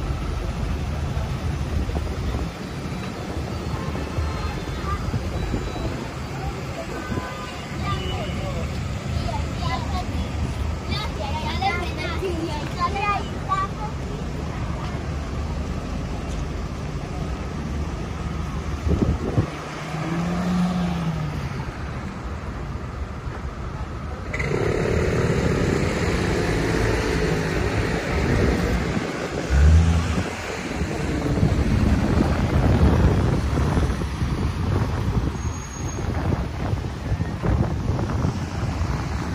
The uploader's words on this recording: Street Sounds. Walking In Tel Aviv, Israel.